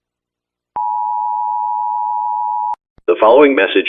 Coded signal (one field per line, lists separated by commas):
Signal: Emergency Alert System (SAME) tones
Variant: 853 and 960 Hz attention tone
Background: speech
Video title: EAS Scenario in America (Nuclear War)